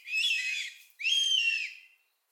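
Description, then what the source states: Northern goshawk young calling: two hoarse, wailing cries in quick succession, the second starting abruptly and trailing off. Young birds that have left the nest (fledglings), recorded 22 June 2014.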